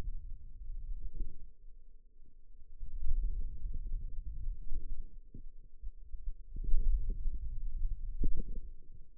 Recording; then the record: forearm muscle sounds (acoustic myography)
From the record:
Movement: hand opening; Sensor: system 2, bracelet of six BSWA MPA416 microphones around the upper forearm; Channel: 4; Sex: female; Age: 21 years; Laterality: right